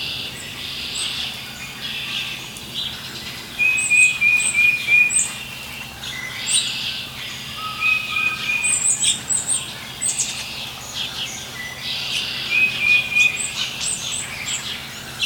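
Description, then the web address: Birds calling with clusters of thin, very high chirps and short twittering runs that come and go in bursts over a steady hiss of background noise. "rixty Open Valley. birds"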